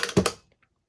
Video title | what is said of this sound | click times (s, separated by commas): DIY Graduation Buttons FULL TUTORIAL - Step-by-Step Beginner Friendly | you're going to hear that click. | 0.0 s, 0.3 s